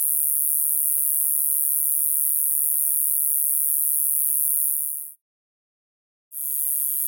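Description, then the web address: Round-tipped Conehead katydid giving a continuous, very high, even buzzing trill that stops for about a second and then resumes. "Crickets and Katydids. Roundtipped Conehead Katydid, Neoconocephalus retusus"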